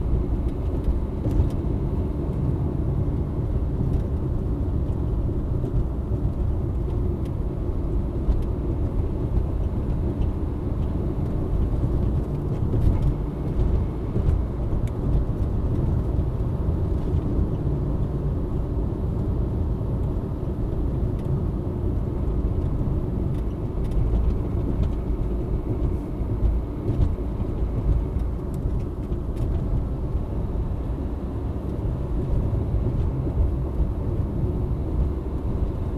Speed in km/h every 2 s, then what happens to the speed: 72, 73, 75, 70, 70, 78, 81, 83, 80, 78, 76, 74, 73, 73, 71, 71, 70, 73.
0-8 steady at about 72. 8-13 speeds up to 83. 13-30 slows to 71. 30-36 steady at about 71.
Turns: none.